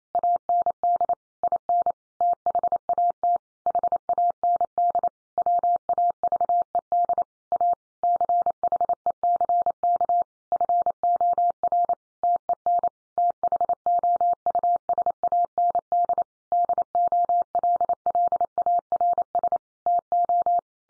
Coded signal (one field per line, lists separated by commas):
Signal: Morse code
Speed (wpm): 28 wpm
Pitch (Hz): 700 Hz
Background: none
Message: AND IN THAT HAND WAVED A CHECK FOR TEN THOUSAND DOLLARS TO